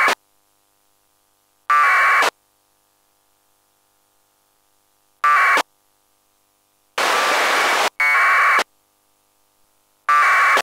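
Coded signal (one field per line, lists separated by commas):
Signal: packet radio (AX.25, as in APRS)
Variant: AFSK 1200 baud APRS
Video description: This video shows the Qtmm soundcard modem receiving local APRS traffic on 144.800 MHz.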